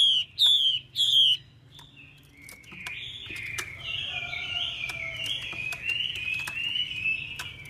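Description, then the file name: Chinese hwamei calls, three loud descending whistled notes, then a softer, rambling, warbled phrase that wavers up and down over steady low hum. Female hwamei calls used to stimulate males. "Tieng chim hoa mi mai kich trong"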